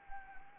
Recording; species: mosquito wingbeat signal from an infrared sensor; Anopheles arabiensis